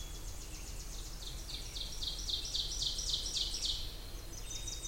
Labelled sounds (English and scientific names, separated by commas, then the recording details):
Ovenbird (Seiurus aurocapilla) song
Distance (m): 50 m
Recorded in boreal forest in Alberta, Canada, on 20 June 2016 at 07:19
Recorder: SongMeter 3, array SBT-6-81
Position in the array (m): 30 m, 241 m
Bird 26